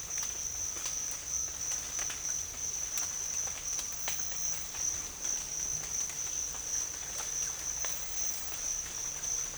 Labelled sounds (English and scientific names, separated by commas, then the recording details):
none
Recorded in dense forest near Puerto Asís, Putumayo, Colombia, on 22 December 2024 at 07:00
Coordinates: 0.484, -76.325
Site G056